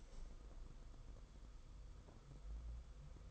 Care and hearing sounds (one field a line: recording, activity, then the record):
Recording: daily activity, microphone in the room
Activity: open window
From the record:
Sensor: 5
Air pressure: 990.5 hPa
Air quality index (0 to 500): 164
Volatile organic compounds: 305 ppm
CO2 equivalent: 4493 ppm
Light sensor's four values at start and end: 17/40/16/18 and 17/40/16/18